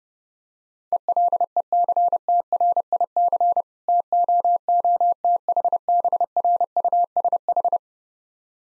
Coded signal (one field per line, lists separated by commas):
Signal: Morse code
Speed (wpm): 31 wpm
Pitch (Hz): 700 Hz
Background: none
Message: ELECTRIC TOOTHBRUSH